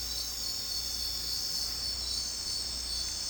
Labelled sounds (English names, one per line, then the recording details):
none
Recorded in dense forest near Puerto Asís, Putumayo, Colombia, on 16 December 2024 at 01:00
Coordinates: 0.466, -76.327
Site G075